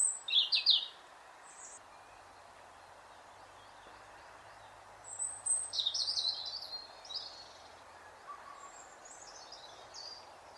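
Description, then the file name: European robin giving two short bursts of high, tinkling warbles, one at the start and one midway, separated by quiet stretches with a faint low hum. "Erithacus rubecula"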